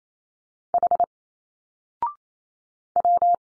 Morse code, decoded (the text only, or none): H W